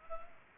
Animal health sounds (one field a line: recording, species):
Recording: mosquito wingbeat signal from an infrared sensor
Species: Culex pipiens